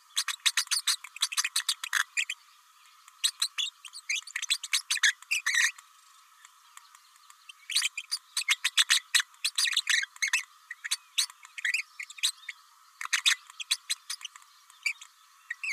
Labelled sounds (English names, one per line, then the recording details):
Green-rumped Parrotlet babbling
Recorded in a nest box in Venezuela
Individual 18B104A5